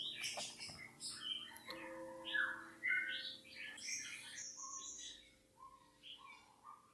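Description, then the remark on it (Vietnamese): Several pet birds sing and chirp continuously outside at midday, overlapping bright, high-pitched warbles and short tweets in a busy, fairly loud chorus with no talking. “Các bạn thông cảm nhé, đang đọc trưa cho nên là chim bên ngoài nó hót ghê quá, hơi ồn.”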